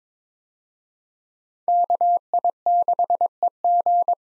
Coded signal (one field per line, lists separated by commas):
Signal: Morse code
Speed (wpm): 22 wpm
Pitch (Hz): 700 Hz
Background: none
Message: KI6EG